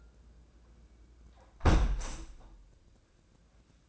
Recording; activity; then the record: daily activity, microphone in the room; close window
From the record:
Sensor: 2